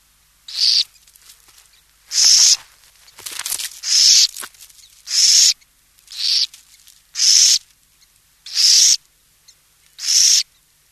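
Burrowing owl delivering a series of about eight harsh rasping screeches, with fainter scratchy sounds between.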